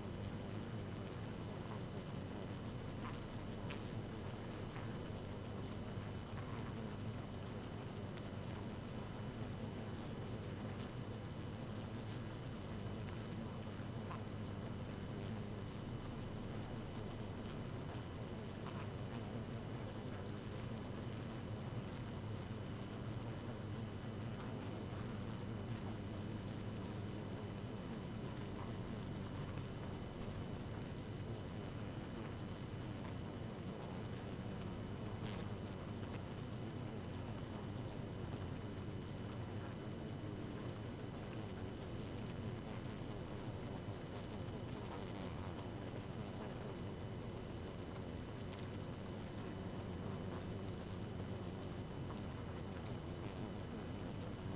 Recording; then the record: honeybee colony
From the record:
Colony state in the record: active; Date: 12 June 2018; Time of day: 1:17